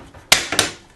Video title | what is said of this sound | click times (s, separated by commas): HardSteal Install Training Chapter 2 Mounting The AV Cage | there and it will snap into place | 0.3 s